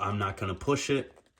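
Someone talks while handling the plastic ratcheting ab crunch joint in the torso of a Hot Toys Feral Predator collectible action figure, bending it forward. Nothing has seated or clicked yet in this clip; the joint is handled but not yet home.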